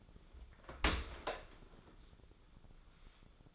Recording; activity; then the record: daily activity, microphone in the room; open dishwasher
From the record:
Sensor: 5